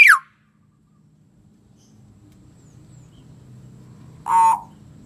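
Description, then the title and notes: Common hill myna ending a falling whistle at the very start, then a quiet stretch over a low hum before a single harsh, buzzy note. "Kicau Burung Beo"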